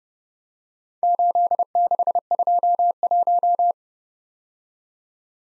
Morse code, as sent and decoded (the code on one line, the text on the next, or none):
---.. -.... ..--- .----
8621